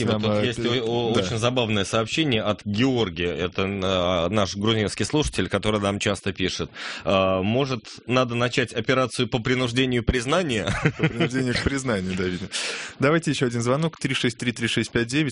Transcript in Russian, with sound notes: Тут есть очень забавное сообщение от Георгия, это наш грузинский слушатель, который нам часто пишет: «Может, надо начать операцию по принуждению признания?» (смеется) Принуждение к признанию, да, видимо. Давайте еще один звонок, 363-36-59.